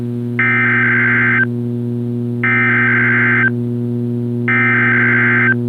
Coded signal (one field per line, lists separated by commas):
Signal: Emergency Alert System (SAME) tones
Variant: header bursts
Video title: CRP Required Weekly Test on WXK26 - 09/22/2021 (EAS 390)